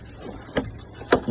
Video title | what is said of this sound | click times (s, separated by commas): Removing/ Installing new tail light Hyundai Tuscan | you're gonna hear it snap right there and then we're gonna fit these two nipples into the holes | 1.1 s